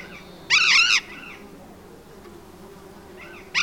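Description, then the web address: Burrowing parrot loud harsh screech lasting half a second, with fainter calls after and another screech starting at the end. "parrots cyanoliseus-patagonus"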